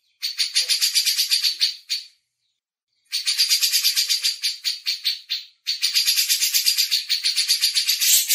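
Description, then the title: Grey-cheeked bulbul delivers three bursts of fast, gritty, repeated notes, about four a second, separated by clean pauses. Masteran tutoring recording. "MASTERAN CUCAK JENGGOT"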